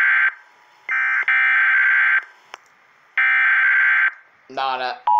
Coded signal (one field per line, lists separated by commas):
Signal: Emergency Alert System (SAME) tones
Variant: header bursts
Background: speech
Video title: EAS 407 FIRE WARNING UPDATE